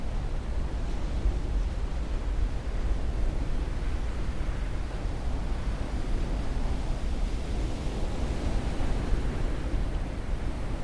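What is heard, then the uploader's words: Wind rushes steadily for the whole stretch, a dense, low roar with a deep rumble underneath and a thinner hiss above. The level stays nearly constant, with only slight swells rather than distinct gusts, like air buffeting. Gusts of Wind.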